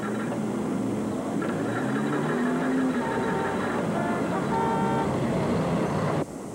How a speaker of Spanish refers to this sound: ¡No me toques la bocina, maldito desconsiderado!